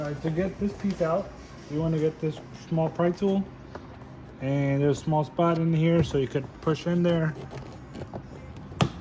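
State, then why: Released. A small pry tool is pushed into a spot on a plastic interior trim panel in the dashboard of a 10th-gen Accord to release its clip. Someone talks, and then there are faint taps and a sharp click at 8.8 s as the clip releases.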